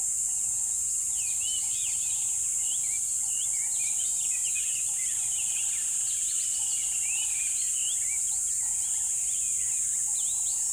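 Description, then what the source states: Many birds chirp together, quick looping and upswept notes crowding each other above a constant bright hiss and a soft repeated low drone. Birds chirping in a river bed at dawn, with chirping increasing.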